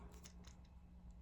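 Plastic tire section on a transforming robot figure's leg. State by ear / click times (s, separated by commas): not seated / none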